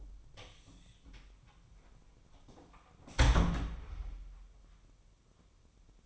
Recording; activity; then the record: daily activity, microphone in the room; close door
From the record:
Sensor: 1